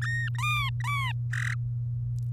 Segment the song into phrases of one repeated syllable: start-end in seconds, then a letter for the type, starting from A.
0.02-0.30 A, 0.34-1.12 B, 1.33-1.54 C